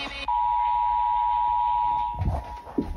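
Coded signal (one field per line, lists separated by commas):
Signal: Emergency Alert System (SAME) tones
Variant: 853 and 960 Hz attention tone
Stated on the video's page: Weekly weather radio tests, among several EAS tests.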